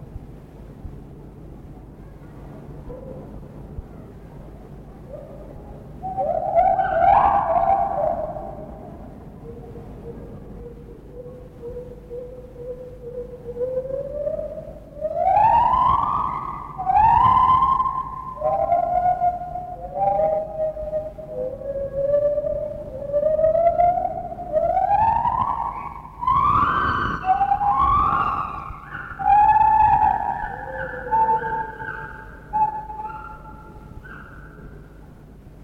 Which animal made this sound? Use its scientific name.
Hylobates lar